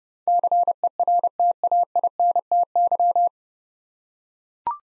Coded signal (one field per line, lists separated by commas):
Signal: Morse code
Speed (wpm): 32 wpm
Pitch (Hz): 700 Hz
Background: none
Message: CERTAINTY